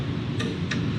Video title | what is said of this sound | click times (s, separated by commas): 2010 Toyota Tundra Front Brake Service | That click ensures that the fastener is now at the appropriate torque. | 0.4 s, 0.7 s